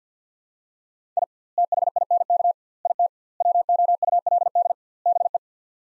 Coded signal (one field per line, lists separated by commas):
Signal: Morse code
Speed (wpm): 46 wpm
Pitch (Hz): 700 Hz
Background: none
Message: I THINK IT WOULD BE